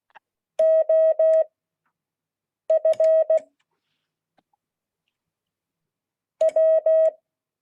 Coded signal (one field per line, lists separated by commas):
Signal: Morse code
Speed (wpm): 16 wpm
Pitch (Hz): 640 Hz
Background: none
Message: O F W